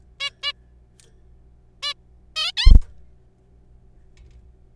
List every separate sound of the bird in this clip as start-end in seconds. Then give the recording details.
0.20-0.30, 0.43-0.53, 1.83-1.94, 2.36-2.52, 2.57-2.73. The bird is a juvenile. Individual R3428